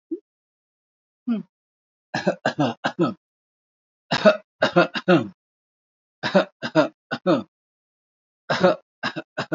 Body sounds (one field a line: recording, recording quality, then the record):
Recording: shallow voluntary cough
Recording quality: excellent, no background noise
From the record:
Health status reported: healthy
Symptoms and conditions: none ticked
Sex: male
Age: 79 years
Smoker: not ticked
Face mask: not worn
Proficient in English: yes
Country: India